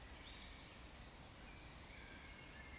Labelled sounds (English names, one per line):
Eurasian Woodcock whistle